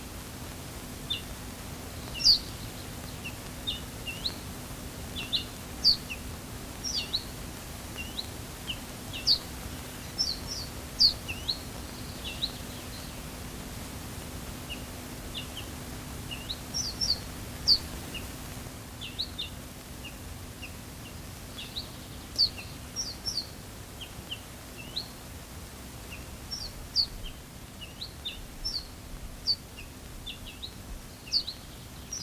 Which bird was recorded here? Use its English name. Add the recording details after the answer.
Ortolan Bunting. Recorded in the wild. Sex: diverse. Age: diverse. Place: Schloß Holte-Stukenbrock, Senne, Nordrhein-Westfalen, DE. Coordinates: 51.8683, 8.65722. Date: 1966. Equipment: Uher 4000 Report-S, Bändchenmikro Beyer M 260, Parabolspiegel Polyester (470 mm). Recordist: Conrads, Klaus